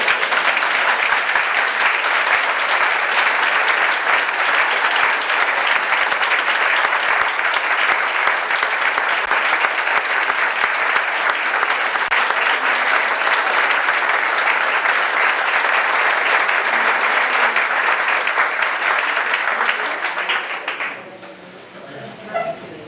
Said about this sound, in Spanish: Esto merece un aplauso, ¿no? Sí. Sí.